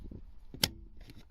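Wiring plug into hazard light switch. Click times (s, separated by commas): 0.6 s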